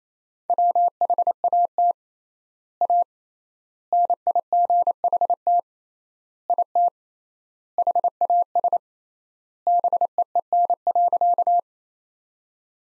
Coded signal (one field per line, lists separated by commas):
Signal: Morse code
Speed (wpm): 28 wpm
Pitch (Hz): 700 Hz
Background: none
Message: WHAT A NIGHT IT HAS BEEN.